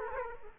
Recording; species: mosquito wingbeat signal from an infrared sensor; Aedes aegypti